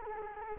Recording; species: mosquito wingbeat signal from an infrared sensor; Culex quinquefasciatus